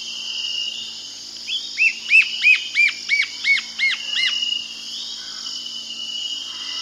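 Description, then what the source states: White-flanked antwren singing a steady run of several bright, arched notes, evenly spaced over about three seconds, with a constant high background hum. South America.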